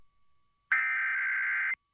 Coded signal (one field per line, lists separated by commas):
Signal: Emergency Alert System (SAME) tones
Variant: header bursts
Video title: San Bernardino County Required Monthly Test (EAS #1175-1176) 9/6/23